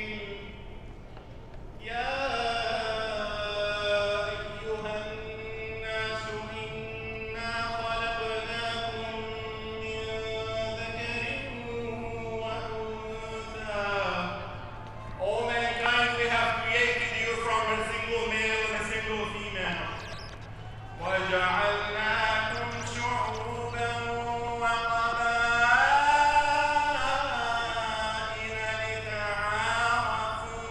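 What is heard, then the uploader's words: A street protest, dominated by loud voices chanting in sustained, sung phrases. The chant runs in long stretches, from about 2 to 14 seconds, 15 to 20, and 21 to the end, with brief breaks between. A low, steady hum sits underneath throughout. Protest Ambience. The sounds of the streets during yesterday’s march/protest.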